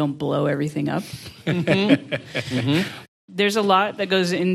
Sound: laughter